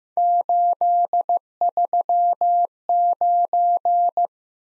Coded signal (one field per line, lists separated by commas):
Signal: Morse code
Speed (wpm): 15 wpm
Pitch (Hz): 700 Hz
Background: none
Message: 839